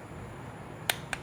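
A click-type torque wrench tightens a camshaft cap bolt in a cylinder head to 17 ft-lb over a quiet background. Two sharp clicks sound at 0.9 s and 1.1 s, confirming the bolt has reached the set torque.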